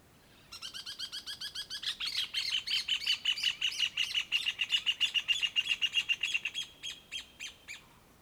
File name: Passaros perto e longe na rua a tarde, dois passaros conversando e vento leve no meio